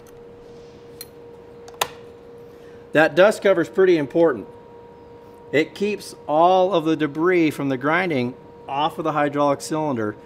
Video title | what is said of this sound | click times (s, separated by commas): Technical Tips- 620-120 Chain Grinder Maintenance (Oregon chainsaw sharpener) | it's just snaps into place | 1.8 s